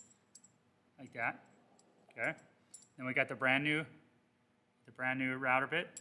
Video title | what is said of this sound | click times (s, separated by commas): AXYZ CNC Router - Router Bit Change | collar back in there snaps into place like | 0.3 s